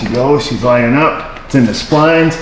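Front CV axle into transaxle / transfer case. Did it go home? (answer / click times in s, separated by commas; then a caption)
no / none. A front CV axle shaft on a Ford EcoSport is being lined up with the splines of the transaxle/transfer case while a man talks. The shaft is handled and entered into the splines, but nothing has seated or clicked yet.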